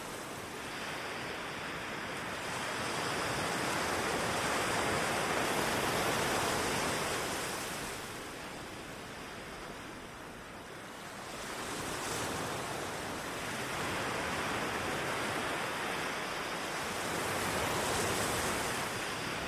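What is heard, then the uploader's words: Ocean sound forms a dense, continuous wash of rushing water with no quiet gaps. The roar swells and eases slowly, rising around five and seventeen seconds and dipping near ten, like waves surging and receding. Other sounds are absent. Ocean Sounds.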